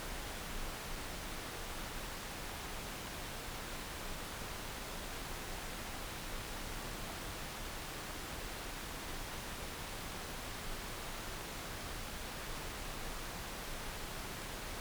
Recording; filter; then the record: brain microelectrode recording played as sound; wide band, above 20 Hz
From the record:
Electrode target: subthalamic nucleus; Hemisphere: left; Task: reaching with the right hand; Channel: 2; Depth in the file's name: 0.251 mm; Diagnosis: Parkinson's disease